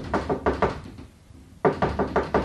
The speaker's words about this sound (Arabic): انظري من يطرقنا الساعة. من؟ رسول من قصر الخلافة.